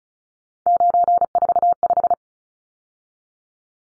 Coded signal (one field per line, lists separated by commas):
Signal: Morse code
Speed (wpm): 34 wpm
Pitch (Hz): 700 Hz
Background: none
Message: 945